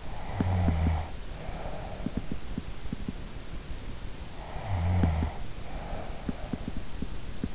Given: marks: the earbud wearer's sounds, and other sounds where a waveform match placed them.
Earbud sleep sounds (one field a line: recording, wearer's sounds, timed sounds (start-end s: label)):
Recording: sounds in sleep by an in-ear microphone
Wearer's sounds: snoring breath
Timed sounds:
0.19-2.90 s: snoring breath
4.31-7.55 s: snoring breath